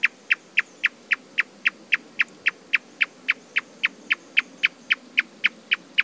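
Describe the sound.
Marsh tapaculo giving a rapid, evenly spaced train of dry, sharp notes, roughly three or four each second, throughout.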